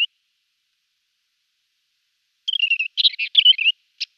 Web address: Schulze Peter Scrub Warbler song